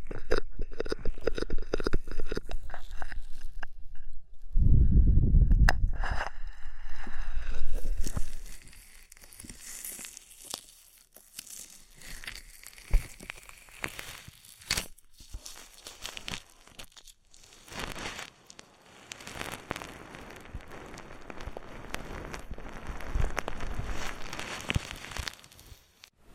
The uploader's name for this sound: ASMR Oil, Foam and Tingly Ear Massage